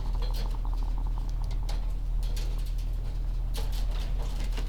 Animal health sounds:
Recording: poultry house recording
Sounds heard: sick chickens (respiratory disease)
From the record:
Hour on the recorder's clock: 17

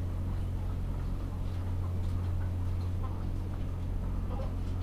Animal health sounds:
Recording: poultry house recording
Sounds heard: sick chickens (respiratory disease)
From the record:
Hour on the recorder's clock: 17

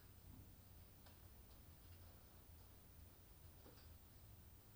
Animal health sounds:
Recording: poultry house recording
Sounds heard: no chicken sound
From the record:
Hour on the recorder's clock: 20

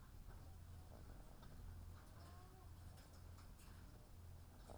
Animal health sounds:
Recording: poultry house recording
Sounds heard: sick chickens (respiratory disease)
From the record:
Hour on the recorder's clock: 17

